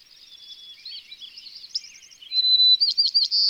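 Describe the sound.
White-crowned sparrow song: soft jumbled notes, then a loud whistled note leading into buzzy trills and chirps near the end.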